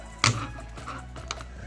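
A BassJaxx Dash wireless earbud is pushed back into its plastic charging case and seats with a sharp, loud snap at 0.2 s. Quieter taps and clicks follow around 1.2, 1.3 and 1.4 s over a low steady hum.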